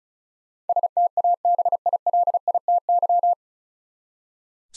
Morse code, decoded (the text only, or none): STABILITY